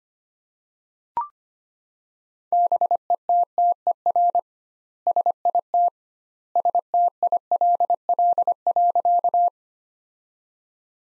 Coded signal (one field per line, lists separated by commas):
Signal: Morse code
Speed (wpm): 25 wpm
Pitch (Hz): 700 Hz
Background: none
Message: BETTER SIT STILL.